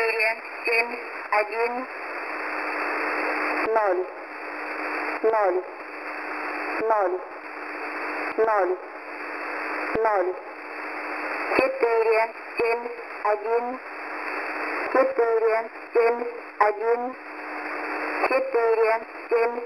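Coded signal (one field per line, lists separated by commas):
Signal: numbers station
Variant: S06s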